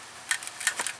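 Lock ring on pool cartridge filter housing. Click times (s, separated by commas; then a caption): 0.3 s, 0.7 s. A plastic lock ring is turned clockwise on a pool cartridge filter housing, past the lock spot. A series of sharp plastic clicks rings out, the strongest at 0.3 s and 0.7 s, as the ring locks into place and can no longer be turned back.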